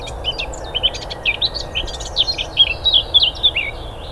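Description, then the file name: Eurasian blackcap song: a fast, scratchy warble of varied chirps mixed with clear whistled, fluty notes, continuing throughout over a steady low rumble. "Sylvia atricapilla"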